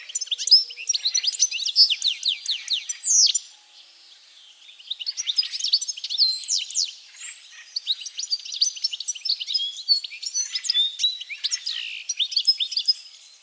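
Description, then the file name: European goldfinch song, a fast tinkling twitter of thin high chirps and liquid notes, running nearly continuously with a brief pause early on. "Carduelis carduelis"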